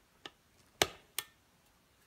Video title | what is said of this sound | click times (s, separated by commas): cleaning Cobray Mac m11 | there we go I got it clicked in | 0.8 s